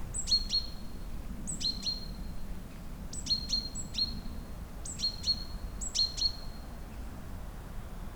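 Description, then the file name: Great tit calls: short phrases of a high whistle and two quick lower notes, repeated about every one to two seconds, then quiet at the end. "Parus major"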